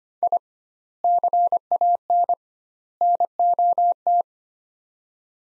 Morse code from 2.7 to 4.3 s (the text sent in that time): NOT